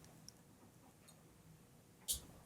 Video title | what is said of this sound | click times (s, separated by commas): Testing & Fixing Revolver Timing | Hear that click? That's the cylinder locking into place. | 0.3 s